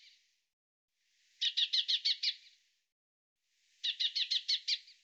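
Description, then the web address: Bird calling with rapid high note runs: two full bursts of about six notes after a trailing fragment, each fading out gently. "cianscape birddata Deverinetal 2025 Bird Fr Co"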